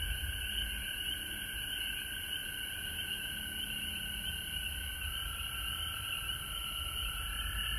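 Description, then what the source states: Frogs calling together in a continuous droning chorus, layered high trills that never pause, over faint low background rumble. Frogs recorded at home in Georgia on March 19, 2020.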